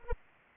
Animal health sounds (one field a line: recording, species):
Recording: mosquito wingbeat signal from an infrared sensor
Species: Anopheles arabiensis